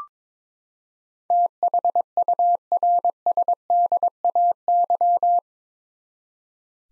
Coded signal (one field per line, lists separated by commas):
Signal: Morse code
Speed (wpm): 22 wpm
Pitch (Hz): 700 Hz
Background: none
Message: THURSDAY